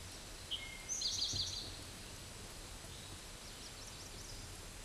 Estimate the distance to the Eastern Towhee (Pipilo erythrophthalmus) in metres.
about 30 m